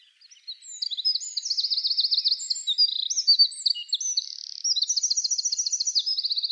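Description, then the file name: Eurasian wren song: a fast, high-pitched, tumbling stream of sharp notes and rattling trills, ending in another rapid trill. "Troglodytes troglodytes"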